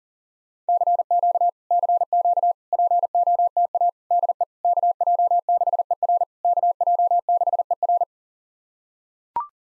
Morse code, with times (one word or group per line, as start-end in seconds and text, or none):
0.7-1.5 CQ
1.7-2.5 CQ
2.7-3.9 POTA
4.1-4.4 DE
4.6-6.2 KJ6ER
6.4-8.0 KJ6ER